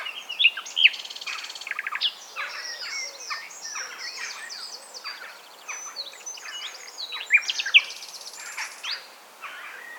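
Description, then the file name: Common nightingale song: busy mix of high chirps, buzzy trills and whistled notes, with loud sharp notes near the start and again later. "Luscinia megarhynchos"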